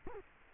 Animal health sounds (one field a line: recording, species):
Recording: mosquito wingbeat signal from an infrared sensor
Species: Culex quinquefasciatus